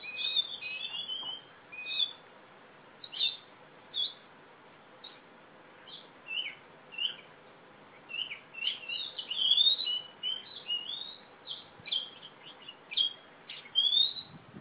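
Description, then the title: Oriental magpie-robin song: short chirps and whistles, scattered through the middle and then in quick clusters of sharp notes toward the end. Female competition bird from East Java, a national first-place champion; described as gacor (singing constantly), fighting type, black, poci. "Kacer Juara 1 Nasional gacor kacer juara nasional jawa timur kacer tarung betina poci gacor hitam"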